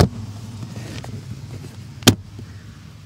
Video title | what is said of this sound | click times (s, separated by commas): HOW TO FIND---LOCATE 2015 2016 2017 FORD F150 F-150 KEYLESS ENTRY FACTORY KEY CODE LOCATION! | you may have heard it snap then | 2.1 s